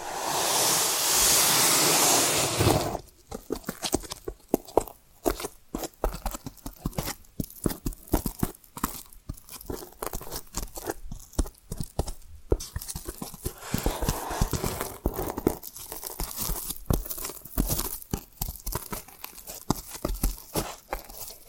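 Tapping and scratching sounds begin after a loud, dense rushing burst that fills the first two and a half seconds. Sharp, irregular taps follow in quick clusters over a softer scratchy rustle, with short pauses here and there and a few louder clicking hits.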